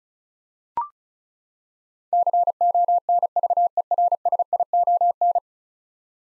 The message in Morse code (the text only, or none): CONVERSION